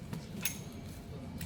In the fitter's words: Bunyi klek berarti sudah terpasang.